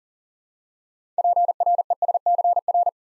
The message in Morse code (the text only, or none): PRESCR